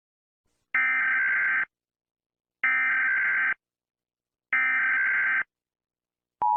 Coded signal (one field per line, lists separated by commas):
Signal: Emergency Alert System (SAME) tones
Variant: header bursts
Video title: All territories of China Eas Alarm